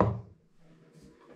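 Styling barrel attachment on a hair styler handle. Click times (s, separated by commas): 0.0 s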